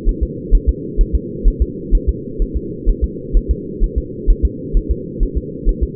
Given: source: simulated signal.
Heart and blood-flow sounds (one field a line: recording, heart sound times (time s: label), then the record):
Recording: fetal heart sounds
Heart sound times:
0.09 s: S1
0.23 s: S2
0.55 s: S1
0.69 s: S2
1.01 s: S1
1.15 s: S2
1.48 s: S1
1.62 s: S2
1.95 s: S1
2.09 s: S2
2.42 s: S1
2.56 s: S2
2.89 s: S1
3.04 s: S2
3.37 s: S1
3.51 s: S2
3.84 s: S1
3.98 s: S2
4.30 s: S1
4.45 s: S2
4.77 s: S1
4.91 s: S2
5.23 s: S1
5.38 s: S2
5.69 s: S1
5.83 s: S2
From the record:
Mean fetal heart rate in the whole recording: 130 bpm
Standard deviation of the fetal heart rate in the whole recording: 2 bpm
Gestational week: 38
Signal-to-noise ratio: -4.1 dB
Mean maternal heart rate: no maternal heart sound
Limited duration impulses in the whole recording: absent